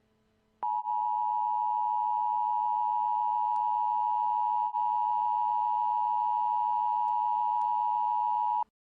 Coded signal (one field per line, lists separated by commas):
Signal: Emergency Alert System (SAME) tones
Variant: 853 and 960 Hz attention tone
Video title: EAS- ALIEN INVASION IMMANENT—————————————————————YOU CANT STOP US